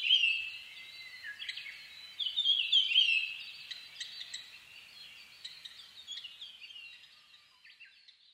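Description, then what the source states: Japanese grosbeak calls: bright whistled slurs loudest in the first few seconds, then softer chirping notes that gradually fade toward the end. 5 May 2011 at 04:56.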